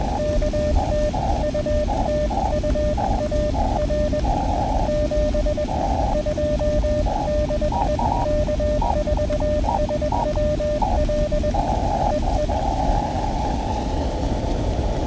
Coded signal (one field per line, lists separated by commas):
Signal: Morse code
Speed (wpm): 20 wpm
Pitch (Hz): 600 Hz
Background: radio noise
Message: K TU TU AR 72 DE K4SWL EE